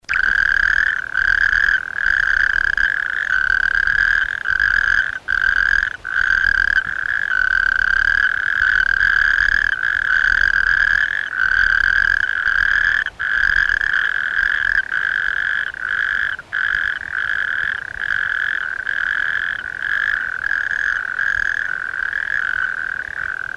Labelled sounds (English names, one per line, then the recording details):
Natterjack Toad call
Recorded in the wild
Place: Cyriaxweimar, DE
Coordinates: 50.7967, 8.73444
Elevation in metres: 230
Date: 1964-06-15
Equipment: Uher Report 4000, AKG D190
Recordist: Krey, Winfried